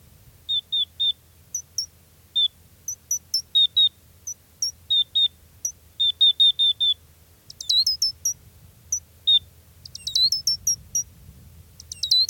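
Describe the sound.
Gray's lark calls: series of short, even, high whistled notes in groups, later giving way to bursts of sharp falling chirps.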